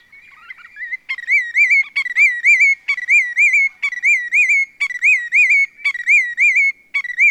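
Loud, rhythmic Willet calls: repeated three-part phrases of sharp rising whistles, roughly one phrase per second throughout, after a soft buzzy start.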